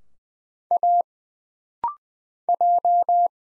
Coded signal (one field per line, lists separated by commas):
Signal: Morse code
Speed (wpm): 20 wpm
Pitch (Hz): 700 Hz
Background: none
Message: A J